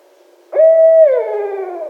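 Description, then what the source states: Barred owl with one loud hoot, steady at first and then dropping in pitch into a drawn-out descending tail. Recorded 2011-12-01.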